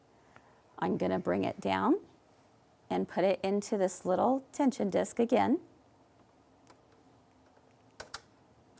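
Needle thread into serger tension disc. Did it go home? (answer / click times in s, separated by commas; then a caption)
yes / 8.0 s, 8.1 s. Someone talks while pulling a needle thread down and pressing it into the small tension disc on a serger. Two sharp snaps follow at 8.0 and 8.1 seconds as the thread seats in the disc, with a few faint ticks elsewhere.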